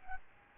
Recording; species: mosquito wingbeat signal from an infrared sensor; Aedes albopictus